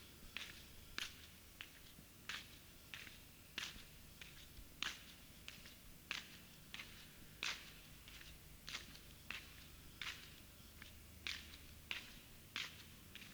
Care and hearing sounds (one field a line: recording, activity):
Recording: daily activity, guitar pickup as the sensor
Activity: walk